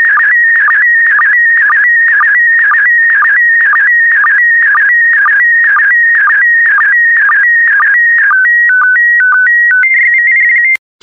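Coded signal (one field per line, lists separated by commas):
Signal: SSTV (slow-scan television)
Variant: PD120 mode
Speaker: complete. You can now check your decoded image against the picture that is shown on the video.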